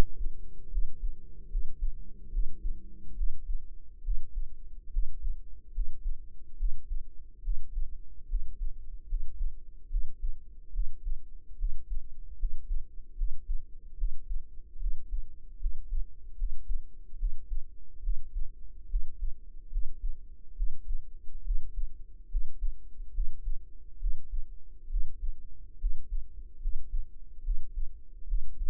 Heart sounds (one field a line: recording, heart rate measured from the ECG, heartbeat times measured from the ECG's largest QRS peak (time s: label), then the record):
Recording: heart sounds by microphone in the right ear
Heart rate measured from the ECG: 72 bpm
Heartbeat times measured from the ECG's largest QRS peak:
0.69 s: heartbeat
1.48 s: heartbeat
2.30 s: heartbeat
3.14 s: heartbeat
4.01 s: heartbeat
4.89 s: heartbeat
5.71 s: heartbeat
6.55 s: heartbeat
7.40 s: heartbeat
8.26 s: heartbeat
9.05 s: heartbeat
9.87 s: heartbeat
10.70 s: heartbeat
11.55 s: heartbeat
12.36 s: heartbeat
13.14 s: heartbeat
13.95 s: heartbeat
14.77 s: heartbeat
15.57 s: heartbeat
16.35 s: heartbeat
17.16 s: heartbeat
18.00 s: heartbeat
18.87 s: heartbeat
19.68 s: heartbeat
20.53 s: heartbeat
21.42 s: heartbeat
22.28 s: heartbeat
23.11 s: heartbeat
23.97 s: heartbeat
24.87 s: heartbeat
25.77 s: heartbeat
26.58 s: heartbeat
27.41 s: heartbeat
28.25 s: heartbeat
From the record:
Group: healthy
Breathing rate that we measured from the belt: 17 breaths a minute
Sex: female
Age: 22 years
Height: 160 cm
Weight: 45 kg